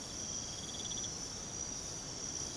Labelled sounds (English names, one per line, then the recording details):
none
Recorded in pastures near Puerto Asís, Putumayo, Colombia, on 13 March 2025 at 02:30
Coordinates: 0.486, -76.323
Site G075